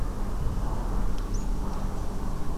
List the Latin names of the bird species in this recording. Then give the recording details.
Anthus pratensis. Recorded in France